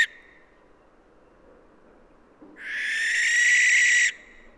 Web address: Schleiereule - Schleiereule - Tyto alba